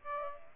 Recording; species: mosquito wingbeat signal from an infrared sensor; Aedes aegypti